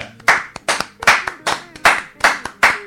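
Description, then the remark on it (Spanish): Hands clap in a steady rhythm, about eight sharp, bright claps spaced evenly roughly every half second, fairly loud with no voices over them. “Vamos a aplaudirle”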